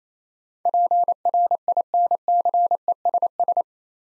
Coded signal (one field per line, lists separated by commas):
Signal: Morse code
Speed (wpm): 27 wpm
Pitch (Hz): 700 Hz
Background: none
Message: PRINCESS